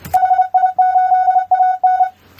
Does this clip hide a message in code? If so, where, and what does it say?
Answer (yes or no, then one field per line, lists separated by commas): yes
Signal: Morse code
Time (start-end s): 0.1-2.0 s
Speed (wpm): 28 wpm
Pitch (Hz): 740 Hz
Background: none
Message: HI8AN